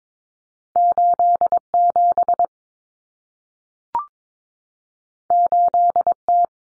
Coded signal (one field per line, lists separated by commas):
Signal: Morse code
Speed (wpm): 22 wpm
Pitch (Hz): 700 Hz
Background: none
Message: 87 8T